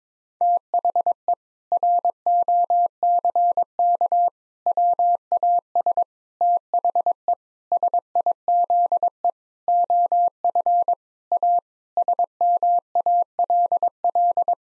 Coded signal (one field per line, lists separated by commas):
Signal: Morse code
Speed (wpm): 22 wpm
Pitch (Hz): 700 Hz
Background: none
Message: THE ROCK WAS THE SIZE OF A SMALL